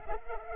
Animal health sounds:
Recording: mosquito wingbeat signal from an infrared sensor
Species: Culex pipiens

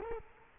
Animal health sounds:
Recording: mosquito wingbeat signal from an infrared sensor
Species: Culex quinquefasciatus

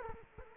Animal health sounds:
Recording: mosquito wingbeat signal from an infrared sensor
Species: Culex quinquefasciatus

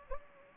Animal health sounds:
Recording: mosquito wingbeat signal from an infrared sensor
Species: Anopheles gambiae

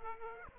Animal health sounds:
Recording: mosquito wingbeat signal from an infrared sensor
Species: Aedes aegypti

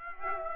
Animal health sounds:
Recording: mosquito wingbeat signal from an infrared sensor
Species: Aedes aegypti

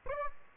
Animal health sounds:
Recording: mosquito wingbeat signal from an infrared sensor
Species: Aedes aegypti

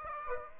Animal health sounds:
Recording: mosquito wingbeat signal from an infrared sensor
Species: Aedes aegypti

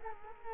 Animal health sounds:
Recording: mosquito wingbeat signal from an infrared sensor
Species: Culex quinquefasciatus

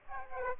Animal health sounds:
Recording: mosquito wingbeat signal from an infrared sensor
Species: Aedes aegypti

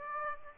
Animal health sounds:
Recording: mosquito wingbeat signal from an infrared sensor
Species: Aedes aegypti

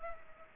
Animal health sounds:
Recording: mosquito wingbeat signal from an infrared sensor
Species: Culex pipiens

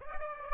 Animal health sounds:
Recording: mosquito wingbeat signal from an infrared sensor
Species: Aedes aegypti

